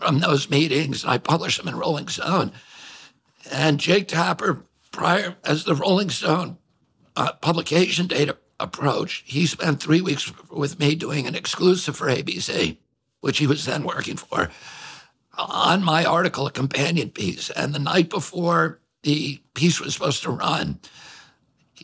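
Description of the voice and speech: An adult man speaks in connected phrases with a rough, creaky, strained voice, frequent glottal catches and breathy, weak voicing at the ends of phrases. He has spasmodic dysphonia, a neurological voice disorder that causes involuntary spasms of the vocal cords, and its effects are clearly noticeable.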